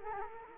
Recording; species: mosquito wingbeat signal from an infrared sensor; Culex quinquefasciatus